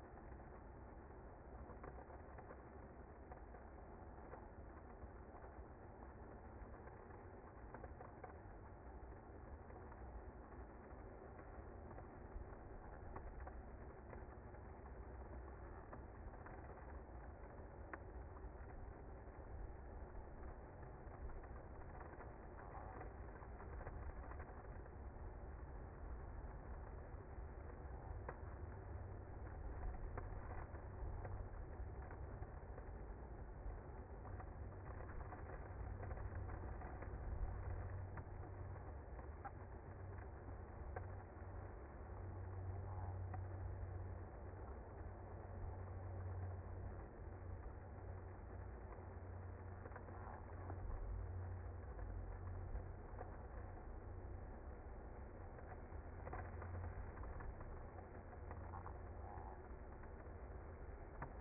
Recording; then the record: honeybee colony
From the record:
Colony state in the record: active